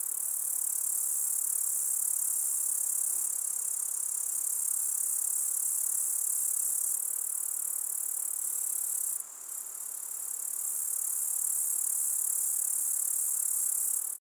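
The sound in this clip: Grasshopper stridulation, a steady, dense high-pitched hiss that continues without break, briefly dipping and returning near the ninth second.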